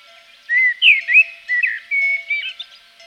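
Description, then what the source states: Common blackbird delivering a continuous run of rich fluted whistles, some slurred and rising, closing with a brief higher twiddle. Recorded in Provence.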